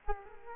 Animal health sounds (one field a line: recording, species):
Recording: mosquito wingbeat signal from an infrared sensor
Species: Culex quinquefasciatus